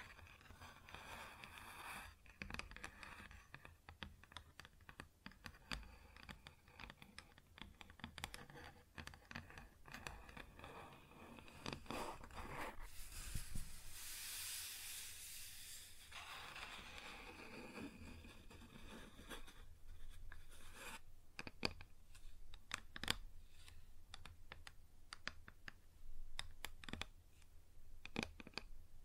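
Quick, irregular tapping on a wooden surface, dense clicks throughout, with a stretch of scratching around the middle, over a faint low hum.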